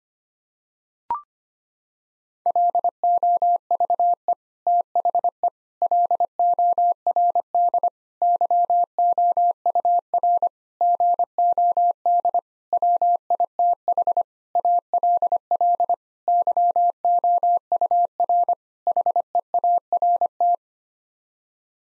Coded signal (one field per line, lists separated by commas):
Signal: Morse code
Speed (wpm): 25 wpm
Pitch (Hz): 700 Hz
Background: none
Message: LOVE THE LORD YOUR GOD WITH ALL YOUR HEART